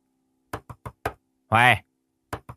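A woman bangs on the door of her son's room with four sharp, quick thuds, breaks off for a short loud cry calling him to open the door, then resumes with a few more hard knocks.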